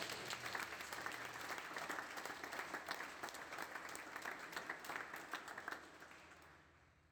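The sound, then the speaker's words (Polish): An audience at a sermon breaks into sustained applause for God, a dense wash of many hands clapping at a steady level for several seconds before tapering off and fading out near the end. “Czy możesz oddać Bogu oklaski?”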